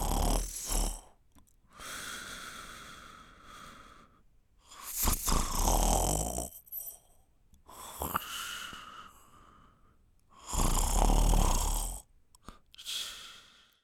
Snoring.